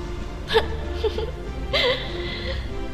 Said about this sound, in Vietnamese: Chu Tái Kinh bật thành tiếng khóc.